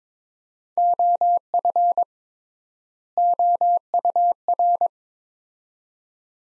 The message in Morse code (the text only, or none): OF OUR